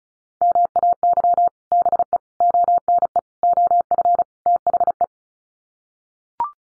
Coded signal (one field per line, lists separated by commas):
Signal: Morse code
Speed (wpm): 34 wpm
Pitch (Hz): 700 Hz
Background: none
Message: MAY BE ONE OF THE